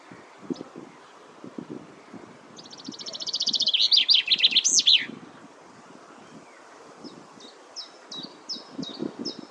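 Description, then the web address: Common chaffinch song: a fast run of high notes that falls in steps and ends in a flourish, followed by short repeated high notes, over intermittent low rumbling noise. "Deverinetal 2025"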